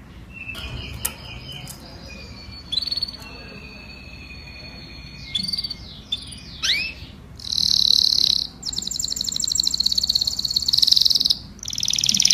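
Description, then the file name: Canary singing: a few clear whistled notes and short chirps, then long, loud, fast rolling trills. "Tieng chim hoang yen hot"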